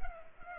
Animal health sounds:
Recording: mosquito wingbeat signal from an infrared sensor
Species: Culex pipiens

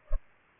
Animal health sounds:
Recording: mosquito wingbeat signal from an infrared sensor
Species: Culex pipiens

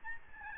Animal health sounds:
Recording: mosquito wingbeat signal from an infrared sensor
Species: Aedes albopictus

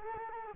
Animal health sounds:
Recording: mosquito wingbeat signal from an infrared sensor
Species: Culex quinquefasciatus

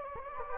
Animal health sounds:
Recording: mosquito wingbeat signal from an infrared sensor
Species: Anopheles gambiae

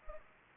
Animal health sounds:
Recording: mosquito wingbeat signal from an infrared sensor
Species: Anopheles gambiae

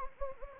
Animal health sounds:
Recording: mosquito wingbeat signal from an infrared sensor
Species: Anopheles gambiae

